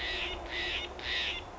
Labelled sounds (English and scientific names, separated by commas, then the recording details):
Steller's Jay (Cyanocitta stelleri)
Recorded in Sonoma County, California